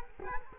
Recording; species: mosquito wingbeat signal from an infrared sensor; Culex quinquefasciatus